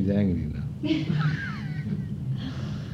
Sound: laughs

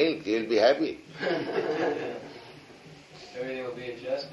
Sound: laughing

